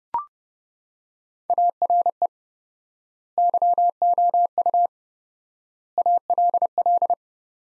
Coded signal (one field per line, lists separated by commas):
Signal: Morse code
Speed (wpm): 30 wpm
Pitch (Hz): 700 Hz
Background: none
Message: ARE YOU ALL